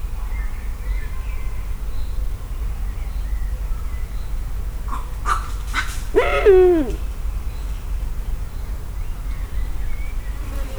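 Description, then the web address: Eurasian eagle-owl giving one harsh, downslurred call with rich harmonics around the sixth second, preceded by faint scattered background sounds and steady low rumble. Captive bird recorded at a zoo in Szeged, in 2011. "szegedizoo 2011 standardt uhu"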